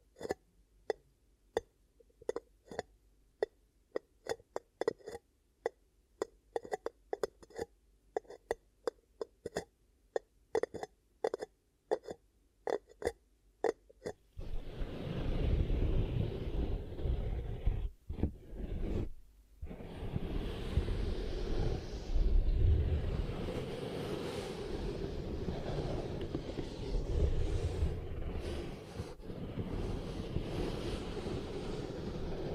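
Ear cupping triggers: quick, irregular taps and clicks for about fourteen seconds, then a dense, muffled rumbling rush with a brief break near nineteen seconds.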